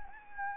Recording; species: mosquito wingbeat signal from an infrared sensor; Anopheles gambiae